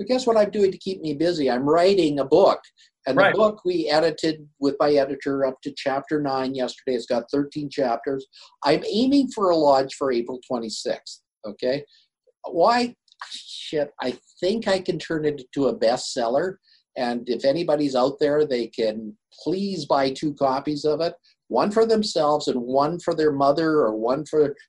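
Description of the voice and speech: One adult man talks fluently in a conversational, lively tone, with natural pitch movement and short pauses between phrases. No repetitions, blocks or slurring are heard; voice quality is clear. Typical adult speech.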